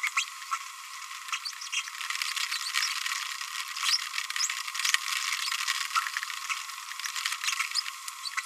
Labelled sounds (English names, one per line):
Green-rumped Parrotlet babbling